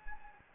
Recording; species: mosquito wingbeat signal from an infrared sensor; Anopheles gambiae